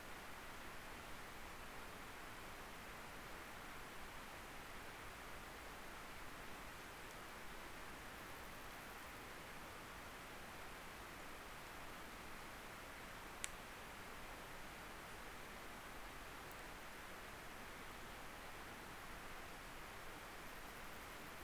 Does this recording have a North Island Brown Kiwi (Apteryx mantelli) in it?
no